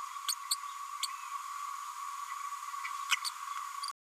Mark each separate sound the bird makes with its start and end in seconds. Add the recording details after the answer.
0.28-0.32, 0.51-0.55, 1.03-1.06, 3.11-3.16. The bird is a female. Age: 31 days. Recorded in a nest box in Venezuela. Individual 17B102A6